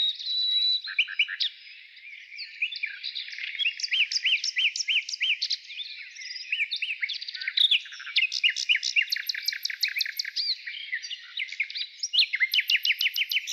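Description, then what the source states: Nightingale in full song: dense, rapid chattering notes, rolling trills and occasional very high thin pulses. Heard in the morning.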